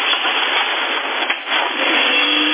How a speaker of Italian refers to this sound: È che dopo un po' di tempo ogni tanto la ventola fa rumore, quando la accendo fa mina, aspettate, te lo accendo, vediamo se lo fa.